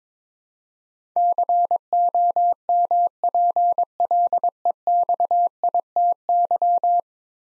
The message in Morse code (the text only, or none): COMPLEXITY